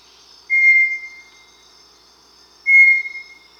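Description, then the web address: Bartlett's tinamou giving two clear, steady whistles about two seconds apart, each held roughly half a second, over a faint continuous high hum. Amazon, Peru. "Birds of the Amazon. Bartlett's Tinamou (Crypturellus bartletti), Peru"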